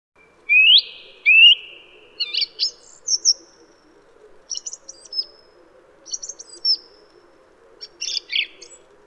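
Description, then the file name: Song thrush song: two sharp rising whistles, then several crisp chattering phrases, with a faint low hum underneath. "suara kicauan burung song thrush. omkicau"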